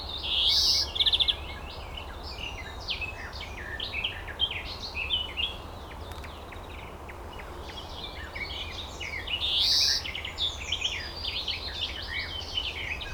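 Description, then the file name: European greenfinch twittering continuously in chattering trills, with louder bursts near the start and about nine seconds in, over a low background hum. "Chloris chloris"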